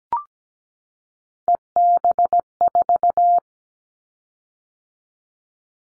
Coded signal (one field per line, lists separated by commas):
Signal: Morse code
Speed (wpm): 17 wpm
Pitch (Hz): 700 Hz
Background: none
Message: EB4